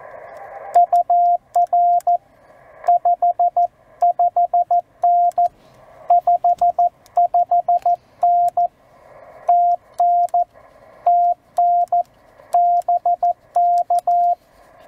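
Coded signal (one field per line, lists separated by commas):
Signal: Morse code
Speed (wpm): 14 wpm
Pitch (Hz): 700 Hz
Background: radio noise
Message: UR 55N 55N TN TN BK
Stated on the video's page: Parks on the Air CW activation producing DX contacts, sent with the host's key on the host's radio and antenna.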